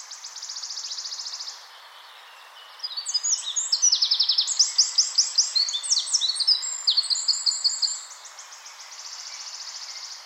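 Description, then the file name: Eurasian wren song: a loud rapid burst of high, sharp notes and fast rattling trills lasting about five seconds, with a short high buzzy trill before and after. "Troglodytes troglodytes"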